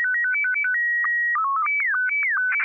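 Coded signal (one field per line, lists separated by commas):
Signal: SSTV (slow-scan television)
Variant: Scottie 1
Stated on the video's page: SSTV image tones saved to audio cassette tape and played back, rather than broadcast over radio.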